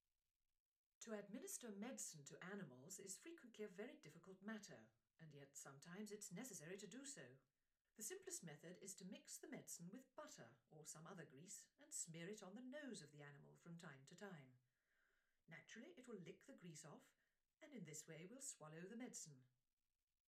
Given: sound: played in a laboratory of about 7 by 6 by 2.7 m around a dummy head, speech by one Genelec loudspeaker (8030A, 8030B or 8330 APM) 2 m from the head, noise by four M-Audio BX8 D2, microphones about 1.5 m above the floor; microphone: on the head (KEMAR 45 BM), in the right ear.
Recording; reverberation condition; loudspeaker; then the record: female speech in English; low; 120 degrees to the right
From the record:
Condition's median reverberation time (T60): about 310 ms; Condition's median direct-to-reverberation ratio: about 3.5 dB